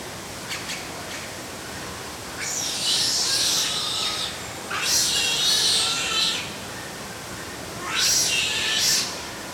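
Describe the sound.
Otter calls: three long, harsh, high squealing bursts, each lasting over a second, separated by short pauses, with faint ticking sounds before them.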